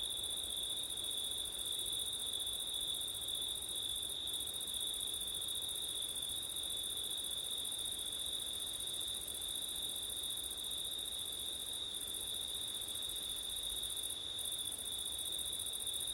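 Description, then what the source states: Cricket song, two bright high bands of trilling, the upper one breaking off briefly three times, with faint wind rustle. Crickets on a windy September night; ORTF stereo.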